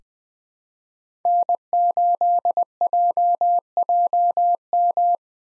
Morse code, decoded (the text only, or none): N8JJM